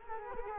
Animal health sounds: mosquito wingbeat signal from an infrared sensor; Culex quinquefasciatus

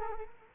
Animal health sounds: mosquito wingbeat signal from an infrared sensor; Culex quinquefasciatus

